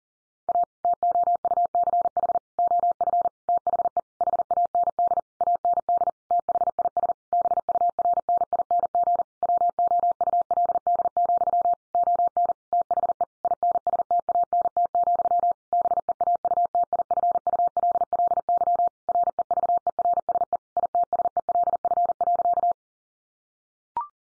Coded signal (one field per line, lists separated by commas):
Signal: Morse code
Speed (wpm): 40 wpm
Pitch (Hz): 700 Hz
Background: none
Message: A TOUCH OF THE HAND AND THIS BURNING WOULD, ON THE INSTANT, BEAUTIFULLY REVERSE ITSELF.